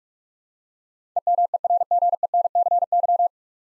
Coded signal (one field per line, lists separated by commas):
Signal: Morse code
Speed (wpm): 42 wpm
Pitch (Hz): 700 Hz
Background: none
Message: EMERGENCY